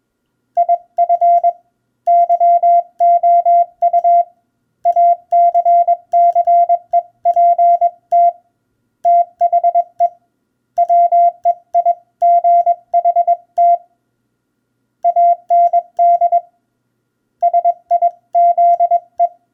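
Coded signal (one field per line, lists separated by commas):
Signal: Morse code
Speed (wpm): 22 wpm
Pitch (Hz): 690 Hz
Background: none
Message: IF YOU ACCEPT THE WEIGHT AND SIZE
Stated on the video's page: Sent with a Begali Magnetic Traveler Light paddle, made in Italy, used in the field.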